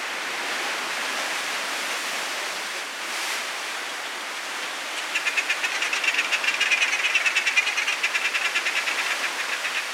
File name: Inca tern